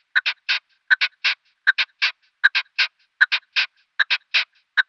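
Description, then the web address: Red-legged partridge display call in rhythmic triplets of harsh chuck notes, the third longest, repeated steadily about every three quarters of a second. Male red-legged partridge giving its display call. "Schulze Peter Red-legged Partridge male display"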